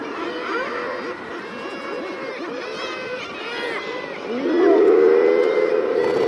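Common murre calls, steady overlapping growls from many birds, then a single loud, drawn-out groaning call swelling up near the end.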